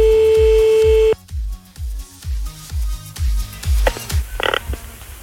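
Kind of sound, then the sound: signal or alarm, telephone ringing tone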